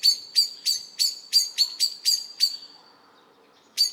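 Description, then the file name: Common blackbird calls: fast metallic chinks for about two and a half seconds, then quiet, then one final sharp note. "Turdus merula"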